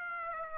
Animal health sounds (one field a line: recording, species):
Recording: mosquito wingbeat signal from an infrared sensor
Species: Aedes aegypti